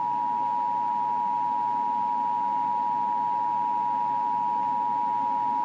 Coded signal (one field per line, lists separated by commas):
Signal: Emergency Alert System (SAME) tones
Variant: 853 and 960 Hz attention tone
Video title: EAS 1873 Local Area Emergency due to flooding